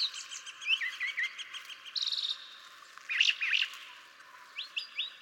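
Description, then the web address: Brown Thrasher song of rapid, varied notes: swooping chirps, a brief buzzy rattle, then doubled sharp phrases and a few upslurred whistles at the end. "birdsongforthecurious Brown Thrasher"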